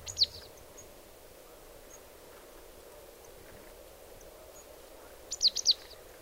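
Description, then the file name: Marsh tit calls: a sharp note at the start, then a quick run of three high, falling notes near the end, over a steady background hiss. "Poecile palustris"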